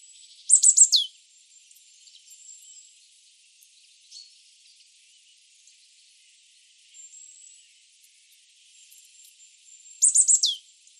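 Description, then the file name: Marsh tit calling, two quick bursts of thin, falling notes about nine seconds apart, with a faint continuous high-pitched tone behind. "Poecile palustris"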